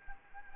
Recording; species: mosquito wingbeat signal from an infrared sensor; Anopheles arabiensis